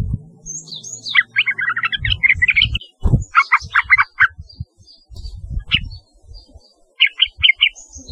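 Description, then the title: Yellow-vented bulbul song: quick bubbly chattering phrases with short high notes between them, broken by pauses, over low thumping and rumbling noise. "Trucukan"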